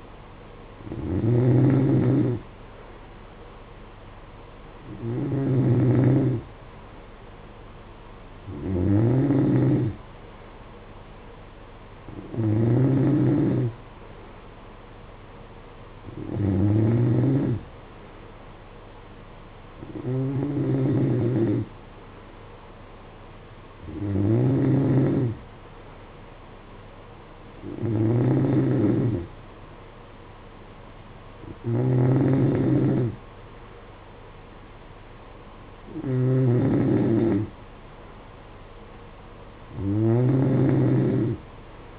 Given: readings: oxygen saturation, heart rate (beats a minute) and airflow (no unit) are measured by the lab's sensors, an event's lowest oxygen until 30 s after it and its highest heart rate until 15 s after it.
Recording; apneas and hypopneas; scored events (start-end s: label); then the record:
breathing in sleep by a voice recorder at the bedside; none
none scored
From the record:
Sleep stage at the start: N2 (light sleep); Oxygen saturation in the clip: 92%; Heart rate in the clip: 55 to 61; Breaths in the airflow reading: 11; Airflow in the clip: -7.5 to 6.2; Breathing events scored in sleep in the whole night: 476 in 9.7 hours asleep